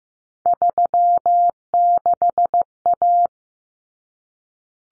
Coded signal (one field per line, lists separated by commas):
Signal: Morse code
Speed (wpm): 15 wpm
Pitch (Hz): 700 Hz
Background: none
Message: 36A